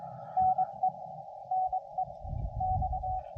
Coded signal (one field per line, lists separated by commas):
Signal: Morse code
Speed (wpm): 22 wpm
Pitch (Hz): 750 Hz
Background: none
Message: NE NE X